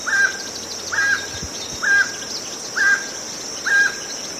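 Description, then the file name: Emerald toucanet song of regular hoarse barking notes, roughly one per second, with a continuous high insect buzz in the background. "Canto do tucaninho verde"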